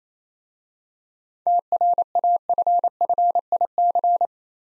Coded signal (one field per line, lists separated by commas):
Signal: Morse code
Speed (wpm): 28 wpm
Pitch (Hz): 700 Hz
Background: none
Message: TRAFFIC